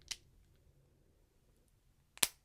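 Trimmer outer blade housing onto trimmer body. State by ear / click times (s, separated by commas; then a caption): seated / 2.2 s. The outer plastic blade housing of a Wahl Micro Groomsman hair trimmer, which has two male pins, is pressed onto the trimmer body against the blade. After a brief tick near 0.1 s and a quiet stretch, it snaps home with a sharp, loud double click at 2.2 s and 2.2 s. The housing is seated in place.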